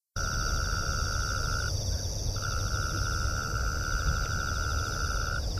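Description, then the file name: Mole cricket churring in a long steady tone, broken by two short pauses, against continuous low background noise. "kera"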